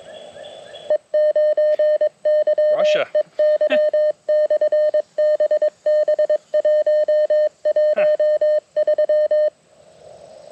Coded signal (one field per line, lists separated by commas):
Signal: Morse code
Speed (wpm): 22 wpm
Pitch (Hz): 610 Hz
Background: speech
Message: E9YEY/BB113